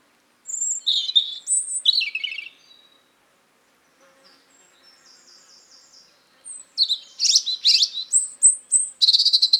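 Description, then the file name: European robin singing a rippling high phrase, falling quiet to faint twitters, then launching into another loud series of varied whistles and trills. "Erithacus rubecula"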